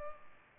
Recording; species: mosquito wingbeat signal from an infrared sensor; Culex pipiens